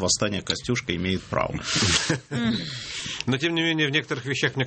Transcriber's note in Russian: все смеются